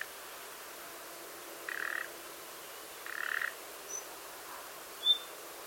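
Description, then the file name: Common nightingale calls: two short, harsh croaking rasps about a second apart, then thin high whistled notes, over a steady background hiss. "Luscinia megarhynchos"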